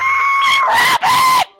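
Rabbit screaming, a loud, harsh, harmonic cry lasting about one and a half seconds, broken once by a brief gap.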